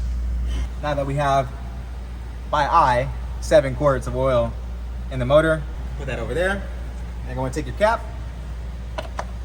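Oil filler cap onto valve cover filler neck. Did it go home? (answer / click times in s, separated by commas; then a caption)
yes / 9.2 s. A plastic oil filler cap on a BMW B58 engine is put onto the valve cover filler neck after seven quarts of oil have been added, and it is given a quarter turn. A man talks, then two short sharp clicks sound near the end at about 9.0 and 9.2 seconds. The cap locks in place at 9.2 seconds.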